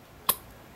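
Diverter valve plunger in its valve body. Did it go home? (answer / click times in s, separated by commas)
yes / 0.3 s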